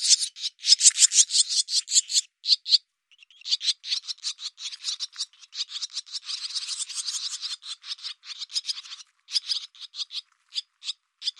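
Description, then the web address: Barn swallow calls: loud, rapid, grating notes in long runs, broken by a few brief gaps. "cianscape birddata Deverinetal 2025"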